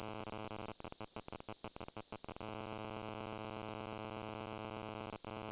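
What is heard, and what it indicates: Simulated tinnitus: a steady, high-pitched ringing tone.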